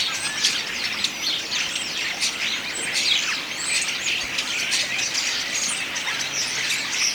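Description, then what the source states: Common starling song: a dense, continuous stream of chattering, clicks and short whistles, high-pitched and overlapping throughout. Autumn song.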